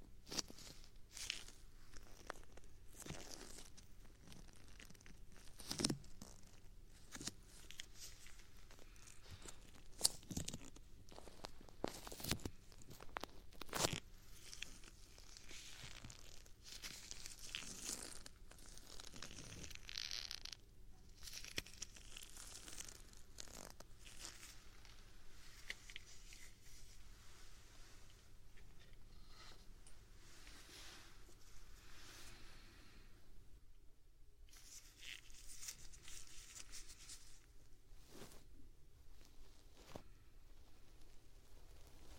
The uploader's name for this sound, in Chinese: 纯耳骚—右耳版（鹅毛棒，挖耳勺）